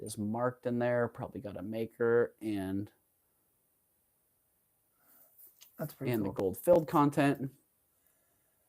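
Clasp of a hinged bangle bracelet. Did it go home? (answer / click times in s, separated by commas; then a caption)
no / none. Someone talks while handling a hinged gold-filled bangle bracelet with a slide clasp, marked inside, its hinge in great shape and its original slide intact. Only talk and faint handling noise are heard, with a gap of near silence in between. Nothing has snapped shut or clicked yet.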